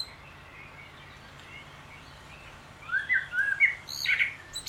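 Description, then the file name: Common blackbird singing one soft fluted phrase ending in a squeaky flourish, after several seconds of quiet background hiss. "Turdus merula"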